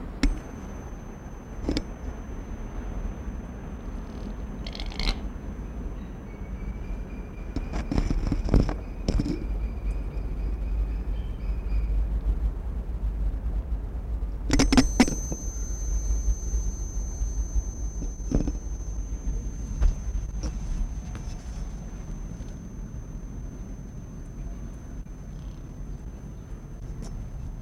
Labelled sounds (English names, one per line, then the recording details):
Chamois
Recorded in captivity
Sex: male
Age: adult
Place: Zoo Berlin, Berlin, DE
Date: 1960-01-30 15:00
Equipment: Reporter, Vollspur
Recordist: Tembrock, Günter